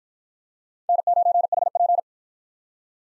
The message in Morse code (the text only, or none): N9HP